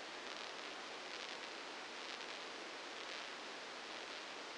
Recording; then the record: brain microelectrode recording played as sound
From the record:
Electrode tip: inside the subthalamic nucleus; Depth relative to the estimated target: -3 mm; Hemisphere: left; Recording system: NeuroSet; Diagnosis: Parkinson's disease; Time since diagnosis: 8 years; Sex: male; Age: 59 years